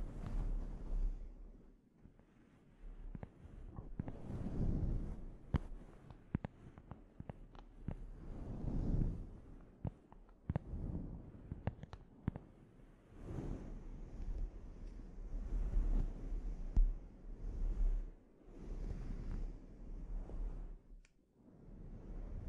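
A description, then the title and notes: Scalp treatment sounds: rubbing and scratching come in uneven swells of low rumble, rising and fading every second or two. Sharp little clicks and taps break through throughout, sometimes in quick clusters, with a brief quiet stretch near the end. ASMR Sleep Inducing Scalp Treatment (No Talking).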